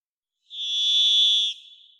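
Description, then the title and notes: Varied thrush giving one rich, burry whistled tone, held level for about a second, ending abruptly with a soft lingering echo-like tail. Song, Pacific Northwest, Washington, United States; parabolic single-species recording, processed for clarity with natural pace and rhythm maintained. "Varied Thrush, clean. Varied Thrush, Ixoreus naevius, song, parabolic single-species recording, processed for clarity, natural pace and rhthym maintained Recorded in the beautiful Pacific Northwest, Washington, United States"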